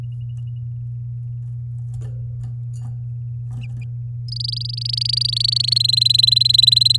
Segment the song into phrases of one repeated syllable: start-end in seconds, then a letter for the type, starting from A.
4.28-5.78 A, 5.80-6.97 B